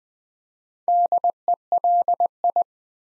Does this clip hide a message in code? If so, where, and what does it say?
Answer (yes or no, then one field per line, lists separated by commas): yes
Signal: Morse code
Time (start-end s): 0.9-2.6 s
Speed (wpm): 20 wpm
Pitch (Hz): 700 Hz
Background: none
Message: DELI